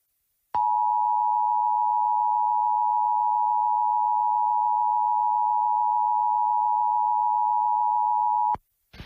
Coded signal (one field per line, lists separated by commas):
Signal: Emergency Alert System (SAME) tones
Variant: 853 and 960 Hz attention tone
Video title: EAS High Wind Warning Far Southeastern Alaska NOAA Weather Radio